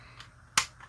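A plastic foot peg, refitted the right way round after first going in backwards, snaps into the hull of a 1999 Hasbro Tatooine Skiff toy. A single sharp click at 0.6 s, with faint ticks just before and after, shows the peg seated.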